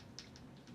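Someone pushes the spring-loaded button at the bottom of a camera tripod's legs, and the locked legs pop out of their snapped-together position with a sharp mechanical click at 0.2 s. Two fainter clicks follow at about 0.4 s and 0.7 s. The tripod leg lock is released and pops open.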